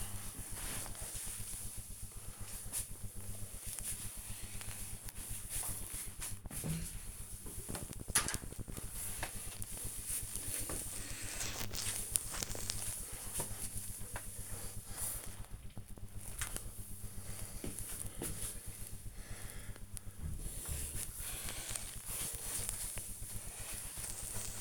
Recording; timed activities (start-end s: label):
household activities, microphone on the right wrist
0.00-24.61 s: floor cleaning